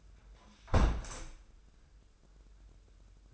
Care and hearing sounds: daily activity, microphone in the room; close window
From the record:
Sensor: 2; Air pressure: 995.6 hPa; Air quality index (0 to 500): 94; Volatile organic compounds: 5 ppm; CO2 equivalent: 1722 ppm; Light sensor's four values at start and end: 24/77/31/29 and 24/76/30/29

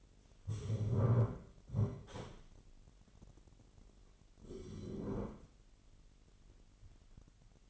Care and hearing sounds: daily activity, microphone in the room; stand up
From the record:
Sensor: 4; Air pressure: 999.3 hPa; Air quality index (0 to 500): 112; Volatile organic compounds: 2 ppm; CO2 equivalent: 1102 ppm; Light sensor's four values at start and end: 11/26/10/11 and 11/25/10/11

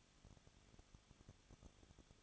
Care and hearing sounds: daily activity, microphone in the room; no activity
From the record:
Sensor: 4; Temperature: 23.0 degrees Celsius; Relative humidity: 34.6%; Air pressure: 1007.3 hPa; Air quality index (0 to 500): 216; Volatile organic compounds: 15 ppm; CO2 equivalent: 2502 ppm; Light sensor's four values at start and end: 2/3/1/1 and 2/3/1/1

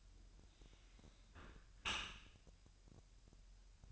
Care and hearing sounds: daily activity, microphone in the room; close dishwasher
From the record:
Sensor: 2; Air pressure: 1000.4 hPa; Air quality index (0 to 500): 246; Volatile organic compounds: 90 ppm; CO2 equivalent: 3686 ppm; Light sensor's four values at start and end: 9/21/9/9 and 9/21/9/9

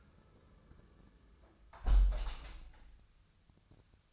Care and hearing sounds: daily activity, microphone in the room; close window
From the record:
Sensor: 2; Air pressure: 1004.5 hPa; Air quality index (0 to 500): 102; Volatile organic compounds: 2 ppm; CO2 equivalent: 1228 ppm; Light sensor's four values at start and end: 6/14/6/6 and 6/14/5/5

